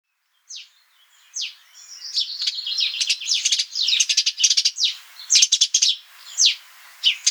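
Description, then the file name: House sparrow calls starting with a few isolated chirps, then building into dense, rapid chattering bursts of sharp repeated notes. "Passer domesticus"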